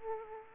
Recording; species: mosquito wingbeat signal from an infrared sensor; Aedes aegypti